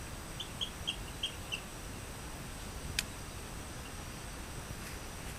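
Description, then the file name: Rio Grande chirping frog giving a quick run of about five short, high chirps over a second or so, then a single sharp click against a steady hiss. "Eleutherodactylus cystignathoides"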